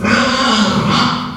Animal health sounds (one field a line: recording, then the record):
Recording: squeal of a Yucatan mini pig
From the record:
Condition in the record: after surgery on the right vocal fold (resection and tissue-engineered implant)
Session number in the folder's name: 16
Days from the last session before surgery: 183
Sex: female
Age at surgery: 19 weeks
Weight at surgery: 25 kg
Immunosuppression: prednisolone